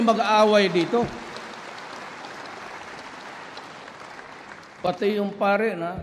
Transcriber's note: applause